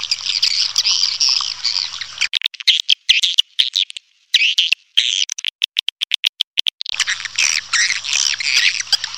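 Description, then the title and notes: Swiftlet chirping, a continuous shrill twittering chorus, broken midway by a stretch of separate sharp clicks, then the twittering resumes; faint low hum beneath. Swiftlet calls used as a lure sound in swiftlet bird farming, Asia. "Swiflet Bird Sound. Farming Swiflet Bird asia sound"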